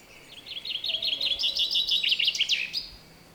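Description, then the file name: Common chaffinch song: rapid repeated notes forming a trill, ending in an emphatic flourish. "Fringilla coelebs"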